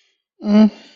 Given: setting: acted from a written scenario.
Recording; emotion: vocal sound without words; embarrassment